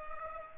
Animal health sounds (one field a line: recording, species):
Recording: mosquito wingbeat signal from an infrared sensor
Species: Culex pipiens